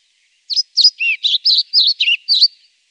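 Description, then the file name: European pied flycatcher song, a brisk phrase of eight or so high, seesawing notes delivered in about two seconds, otherwise quiet. "Svartvit flugsnappare"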